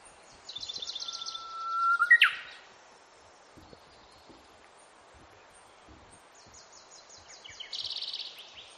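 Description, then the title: Bird song: a rapid dry trill, then a long whistled note that ends in a sharp slur, later a buzzy high trill. "pajaros2"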